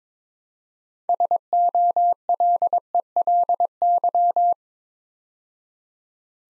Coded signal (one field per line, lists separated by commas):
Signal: Morse code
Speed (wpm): 22 wpm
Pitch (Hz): 700 Hz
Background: none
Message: SOLELY